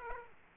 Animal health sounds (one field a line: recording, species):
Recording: mosquito wingbeat signal from an infrared sensor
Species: Aedes aegypti